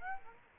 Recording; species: mosquito wingbeat signal from an infrared sensor; Aedes aegypti